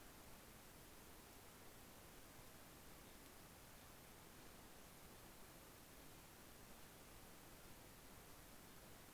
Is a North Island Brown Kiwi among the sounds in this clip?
no